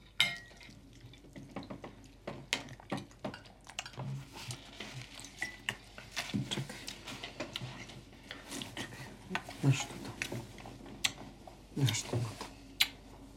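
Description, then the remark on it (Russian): A spoon clinks repeatedly against a soup bowl in quick, irregular taps, with bright metallic ticks over soft scraping and faint murmuring voices underneath. “Давай, ешь нормально.”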